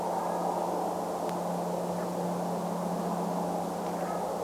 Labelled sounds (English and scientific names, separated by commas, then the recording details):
Brent Goose (Branta bernicla), unidentified sound
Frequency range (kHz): Brent Goose (Branta bernicla) 0.7-2.4 kHz
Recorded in France